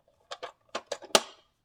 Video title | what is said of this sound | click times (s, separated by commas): Haslab Ghostbusters Ghost Trap. Remote Trap Smoke Trigger Using the Pedal. Costronica. | there we go see you hear that snap so it's all in | 1.2 s